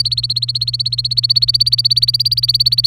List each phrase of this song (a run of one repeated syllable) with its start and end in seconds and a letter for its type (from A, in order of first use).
0.00-2.87 A